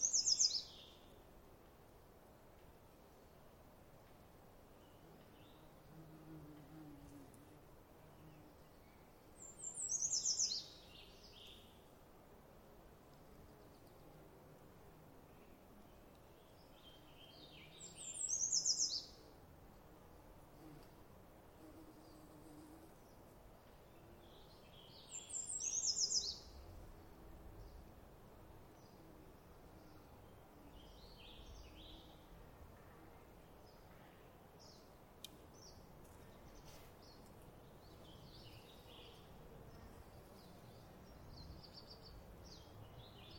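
Midday at a creek campground: a bright bird song phrase repeats about every eight seconds over a steady low outdoor hum with faint chirps.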